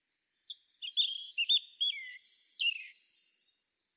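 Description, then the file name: European robin song: a sweet, liquid phrase of descending whistles and quick warbled notes, switching between lower and very high pitches over about three seconds. "Erithacus rubecula"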